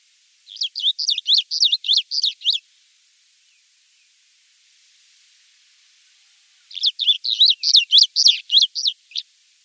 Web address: Schulze Peter Striated Bunting song